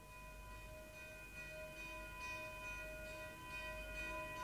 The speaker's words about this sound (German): Auf dem Wege hörten sie durch ein offenes Fenster eine Glocke, die Sturm läutete.